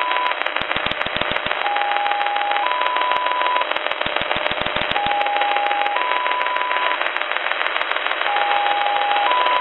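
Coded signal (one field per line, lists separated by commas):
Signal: numbers station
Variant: XPA-like polytone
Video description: then a strong carrier tone, then what sounds like XPA polytone sync tones. (Numbers transmission starts around the 7:06 mark)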